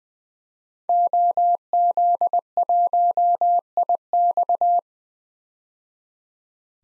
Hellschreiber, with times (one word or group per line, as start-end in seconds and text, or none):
none